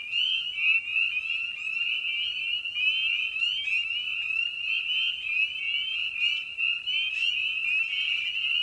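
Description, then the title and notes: Spring peeper chorus of many frogs, sharp high upslurred peeps overlapping continuously, individual louder calls popping out here and there. Evening at a frog pond; tiny amphibian known for its distinctive song. "Episode 5: Night of the Peepers. we return to the frog pond for a meditative evening. Species in Focus: Spring Peeper (Pseudacris crucifer). Ian Carlsen"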